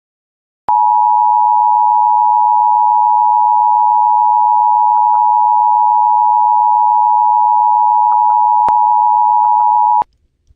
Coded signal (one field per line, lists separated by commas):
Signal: Emergency Alert System (SAME) tones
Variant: 853 and 960 Hz attention tone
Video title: EAS #72: Severe Thunderstorm Warning (6/9/25)